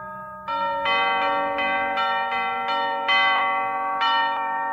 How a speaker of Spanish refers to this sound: En la capilla hay repique de campanas navideñas